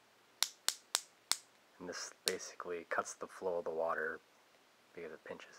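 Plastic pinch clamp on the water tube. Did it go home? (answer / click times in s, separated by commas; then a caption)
yes / 0.4 s, 0.7 s, 0.9 s, 1.3 s. A small plastic pinch clamp on the flexible water tube of a Platypus GravityWorks water filter is squeezed and ratchets shut with four sharp clicks at 0.4, 0.7, 1.0 and 1.3 s. The clamp closes and seats, pinching the tube to cut the flow of water. Someone then talks.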